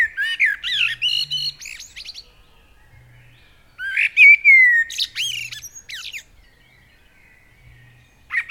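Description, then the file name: Common blackbird: warbled fluty phrases with rapid high twittering endings, a pause, then a new phrase beginning; faint low hum. "Turdus merula"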